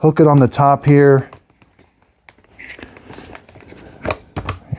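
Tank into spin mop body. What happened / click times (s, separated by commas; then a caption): The plastic tank is being fitted but has not yet snapped home / none. Someone talks while the water/debris tank of a Bissell SpinWave cordless spin mop is hooked on at the top of the plastic body, followed by quiet handling and a few sharp knocks near the end. The tank has not yet snapped into place; nothing has seated or clicked yet.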